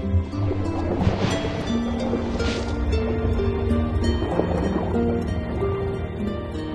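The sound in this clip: Whale song: low, drawn-out moaning tones that shift in pitch and overlap, with surf-like noise throughout.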